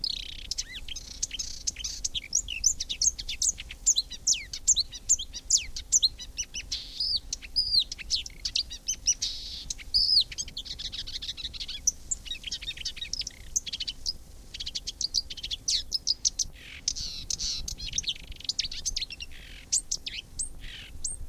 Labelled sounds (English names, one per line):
Marsh Warbler